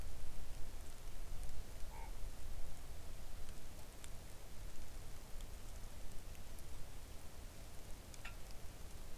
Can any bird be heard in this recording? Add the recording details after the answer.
yes. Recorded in the Arctic National Wildlife Refuge, Alaska, on 3 August 2019 at 05:48. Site 41